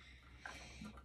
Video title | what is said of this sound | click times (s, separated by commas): Building a Vintage Lionel C&O flatcar with Construction Crane Kit | That one snaps into place there. | 0.5 s